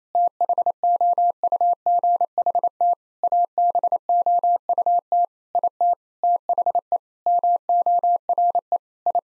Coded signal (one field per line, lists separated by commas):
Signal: Morse code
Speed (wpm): 28 wpm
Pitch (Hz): 700 Hz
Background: none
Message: THOUGHT ABOUT IT THE MORE I